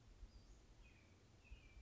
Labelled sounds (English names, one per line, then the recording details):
Western Flycatcher
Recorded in Sonoma County, California